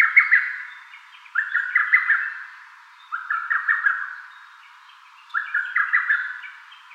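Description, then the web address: Lesser cuckoo singing a rapid, jerky run of clear whistled notes, the phrase repeated four times at uneven gaps of roughly two seconds. Recorded on 20 May 2018. "birdenaga hototogisu 180520"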